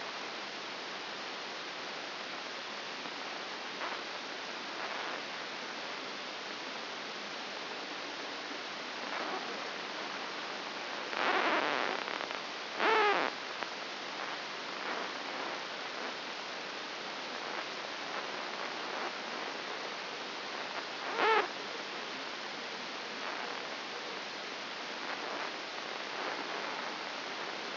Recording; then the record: brain microelectrode recording played as sound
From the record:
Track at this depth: outside the subthalamic nucleus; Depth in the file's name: 6.501 mm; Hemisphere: left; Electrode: 2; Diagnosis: Parkinson's disease